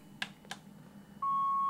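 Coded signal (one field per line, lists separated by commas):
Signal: fax machine handshake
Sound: two soft clicks, then one steady mid-pitched beep lasting half a second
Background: clicks, quiet room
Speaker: and you can hear the fax tones being sent by the computer i'm going to hit start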